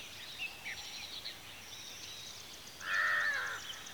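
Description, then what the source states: Birds chirping softly in a high chorus, then one loud, harsh, drawn-out rasping call cuts in near the end. Birds at a watering hole in the afternoon.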